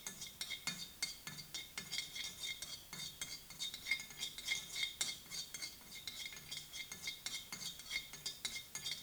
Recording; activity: daily activity, guitar pickup as the sensor; fry